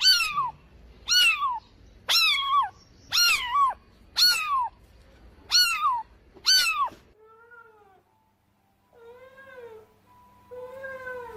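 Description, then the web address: Myna calls: seven harsh, descending nasal notes at roughly one-second intervals, then a short pause and softer, arched, mellow tones. "animal-sound myna-sound"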